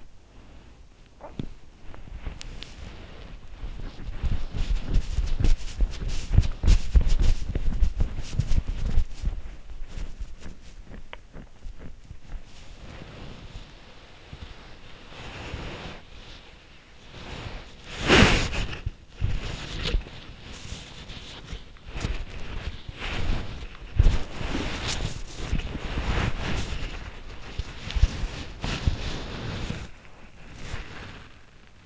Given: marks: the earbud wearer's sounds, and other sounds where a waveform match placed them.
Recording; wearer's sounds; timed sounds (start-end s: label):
sounds in sleep by an in-ear microphone; body movement
0.00-31.86 s: body movement